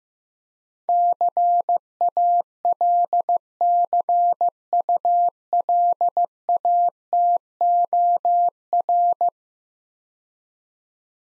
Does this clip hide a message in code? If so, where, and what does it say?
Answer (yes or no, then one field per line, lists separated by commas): yes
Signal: Morse code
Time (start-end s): 0.9-9.3 s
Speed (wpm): 15 wpm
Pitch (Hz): 700 Hz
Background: none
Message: CALCULATOR